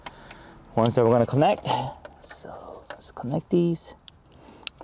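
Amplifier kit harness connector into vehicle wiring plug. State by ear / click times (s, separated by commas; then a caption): seated / 4.7 s. Someone talks while a plastic wiring harness connector from a Beat-Sonic amplifier kit is pushed into its mating vehicle wiring plug on a Lexus IS without navigation. A sharp click at 4.7 s marks the connector seating fully. Pushing it all the way in matters, because connectors left partly in can cause lost steering wheel controls or errors on the screen.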